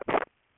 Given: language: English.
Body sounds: throat vibration sensor signal played as sound; swallow

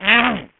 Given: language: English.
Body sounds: throat vibration sensor signal played as sound; throat clearing

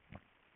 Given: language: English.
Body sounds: throat vibration sensor signal played as sound; swallow

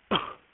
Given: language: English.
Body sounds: throat vibration sensor signal played as sound; cough

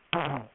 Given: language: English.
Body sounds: throat vibration sensor signal played as sound; throat clearing

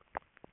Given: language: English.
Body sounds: throat vibration sensor signal played as sound; swallow

